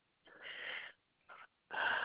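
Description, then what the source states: Koala wheezing snorts: three harsh, breathy bursts, a long one, a short one, then another running to the end, with quiet gaps between. Recorded on 3 7 2021.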